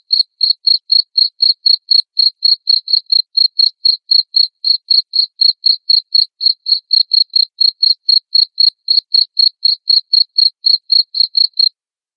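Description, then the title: Cricket chirps repeated quickly and evenly for about twelve seconds, then stopping just before the end. Loud cricket chirping used to prompt lovebirds into continuous ngekek chattering song. "Suara JANGKRIK NGERIK Keras Bikin LOVEBIRD Jadi NGEKEK Terus Vubey"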